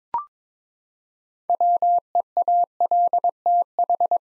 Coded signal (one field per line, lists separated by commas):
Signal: Morse code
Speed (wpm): 21 wpm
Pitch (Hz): 700 Hz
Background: none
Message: WEALTH